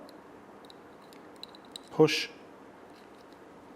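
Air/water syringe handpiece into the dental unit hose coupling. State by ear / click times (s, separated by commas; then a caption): not seated / none. On a Burtons VETair2 mobile dental unit, the coupling collar is pressed in and the air/water syringe handpiece is lined up with the hose coupling, giving a few small handling ticks between about 0.7 and 1.8 s. A brief, louder burst of sound follows near 2.0 s as someone talks. The handpiece has not seated or clicked into place yet.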